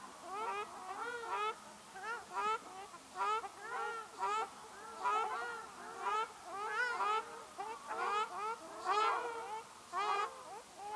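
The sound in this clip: Ruddy shelduck giving repeated nasal honks, several birds calling over one another.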